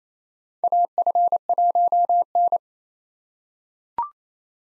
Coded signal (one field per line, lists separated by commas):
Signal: Morse code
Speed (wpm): 27 wpm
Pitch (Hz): 700 Hz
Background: none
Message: AF1N